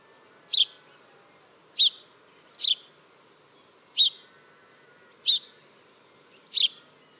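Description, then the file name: House sparrow giving single sharp chirps, six calls at slightly uneven intervals, mostly one to one and a half seconds apart, with faint low hum beneath. "Passer domesticus"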